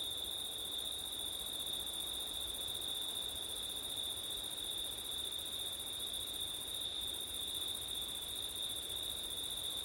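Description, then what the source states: Crickets trill steadily and without a break, a bright high band with faint upper shimmer, while wind hisses throughout. Crickets on a windy September night; ortif recording.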